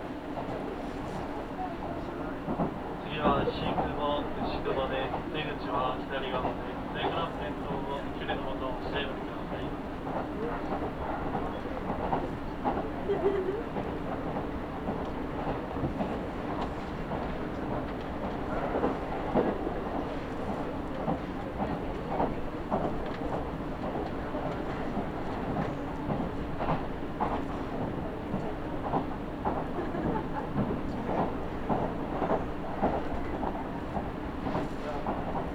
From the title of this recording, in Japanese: 飯田線 各駅停車 豊橋→豊川